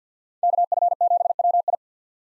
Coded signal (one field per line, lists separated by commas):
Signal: Morse code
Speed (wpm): 50 wpm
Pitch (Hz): 700 Hz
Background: none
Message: KF7WI